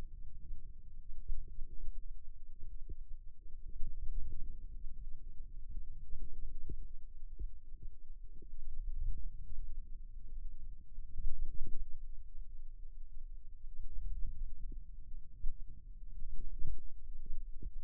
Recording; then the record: forearm muscle sounds (acoustic myography)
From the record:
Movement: hand opening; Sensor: system 2, bracelet of six BSWA MPA416 microphones around the upper forearm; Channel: 1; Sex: female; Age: 22 years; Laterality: right